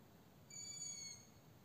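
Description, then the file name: Owl call, a thin high whistled note with harmonics held for about two-thirds of a second, over a low steady background hum. "My owls"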